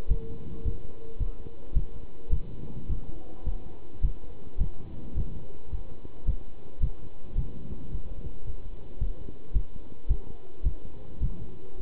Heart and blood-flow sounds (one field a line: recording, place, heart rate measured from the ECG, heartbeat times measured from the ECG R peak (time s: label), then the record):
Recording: heart sounds by stethoscope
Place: between the tricuspid and mitral areas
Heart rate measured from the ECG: 108 bpm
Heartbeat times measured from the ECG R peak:
0.09 s: heartbeat
0.64 s: heartbeat
1.19 s: heartbeat
1.75 s: heartbeat
2.31 s: heartbeat
2.88 s: heartbeat
3.45 s: heartbeat
4.02 s: heartbeat
4.59 s: heartbeat
5.15 s: heartbeat
5.71 s: heartbeat
6.26 s: heartbeat
6.81 s: heartbeat
7.36 s: heartbeat
7.91 s: heartbeat
8.45 s: heartbeat
9.00 s: heartbeat
9.54 s: heartbeat
10.09 s: heartbeat
10.64 s: heartbeat
11.21 s: heartbeat
11.78 s: heartbeat
From the record:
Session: pedaling a stationary bicycle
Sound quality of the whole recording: good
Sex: male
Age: 27 years